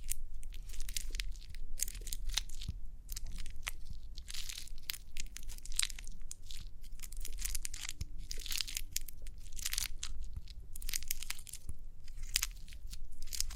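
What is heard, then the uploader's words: Crinkly crackling runs throughout, a dense stream of sharp bright snaps and rustles with brief pauses around four and eleven seconds. A low steady rumble sits underneath, and a faint short tone appears near eight seconds. Crinkly Pimple Popping.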